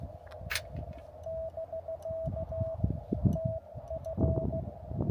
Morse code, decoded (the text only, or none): <BK> TF